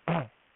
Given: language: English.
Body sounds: throat vibration sensor signal played as sound; throat clearing

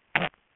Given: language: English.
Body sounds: throat vibration sensor signal played as sound; throat clearing

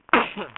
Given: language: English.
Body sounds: throat vibration sensor signal played as sound; cough

